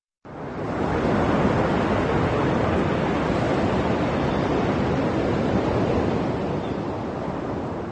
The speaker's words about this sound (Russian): Море было бурно. Поэтому мы погрузились. На глубине волнение не так беспокоило.